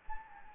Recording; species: mosquito wingbeat signal from an infrared sensor; Anopheles gambiae